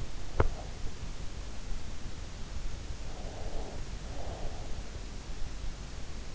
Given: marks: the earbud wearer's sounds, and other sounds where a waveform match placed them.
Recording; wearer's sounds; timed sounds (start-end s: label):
sounds in sleep by an in-ear microphone; teeth grinding, breath
0.00-0.64 s: teeth grinding
3.02-5.12 s: breath